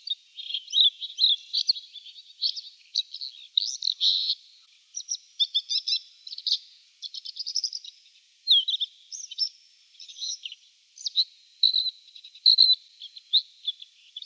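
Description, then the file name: Red-backed shrike singing a long, varied, scratchy warble of quick chattering notes and short whistles, with brief pauses throughout. "Lanius collurio"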